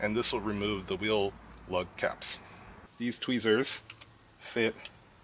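A plastic tweezer-style lug cap removal tool from the spare tire kit of a 2017 Audi A4 2.0T Quattro (B9) is handled and fitted over a wheel lug nut cap, with only faint handling sounds beneath the voice. Someone talks throughout. Nothing has clicked or seated yet.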